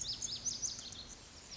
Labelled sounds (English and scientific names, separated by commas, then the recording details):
Lazuli Bunting (Passerina amoena)
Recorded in Sonoma County, California